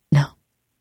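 A single short, low, voiced cough from an adult, fading quickly in a quiet room.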